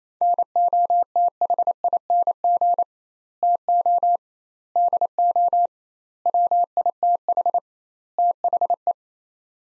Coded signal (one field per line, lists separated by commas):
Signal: Morse code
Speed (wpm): 27 wpm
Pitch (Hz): 700 Hz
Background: none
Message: NOTHING TO DO WITH THE